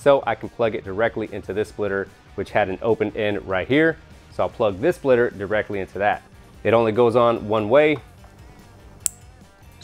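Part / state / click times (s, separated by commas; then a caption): wiring splitter plug into splitter socket / seated / 9.1 s. Someone talks for about eight seconds while a plastic wiring splitter connector is plugged into the open end of the Nasty Hog rear lighting splitter on a Harley Touring motorcycle during a speaker lid install. The connector fits only one way and is pushed in until it clicks. The sharp click at 9.1 s marks it seated.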